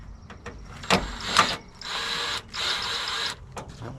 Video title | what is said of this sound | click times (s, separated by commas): Cleaning a Frigidaire FFTA1033U1 10,200 BTU Window Air Conditioner | Stripped out. | none